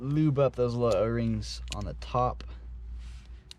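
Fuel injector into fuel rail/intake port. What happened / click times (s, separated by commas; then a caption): The injector pushed home into its seat / 3.5 s. Someone talks while a fuel injector with freshly lubed O-rings is lined up and pushed into the fuel rail or intake port of a 4-cylinder Acura RSX engine. A single short, sharp click is heard at 3.5 s as the injector seats home.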